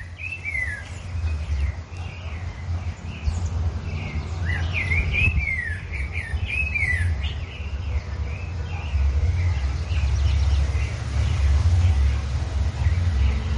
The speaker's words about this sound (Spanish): Estamos escuchando un contrapunto de distintos pájaros. Vemos cómo uno le canta y el otro le contesta. No sé si lo pueden apreciar, pero es muy claro